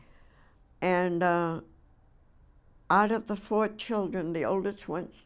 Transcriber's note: none